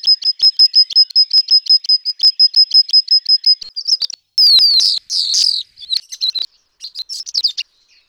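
Bird song: a rapid series of high, evenly spaced chirps for about four seconds, followed by a burst of varied, dense, scratchy high notes and short twittering phrases.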